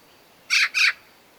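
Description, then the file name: Eurasian magpie uttering two rapid, harsh, rasping chak notes in quick succession against a quiet background. "Pica pica"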